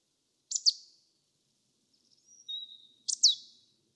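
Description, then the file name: Marsh tit calls: two pairs of sharp, high, downward-slurred notes, separated by a thin, level whistled note, on a quiet background. "Poecile palustris"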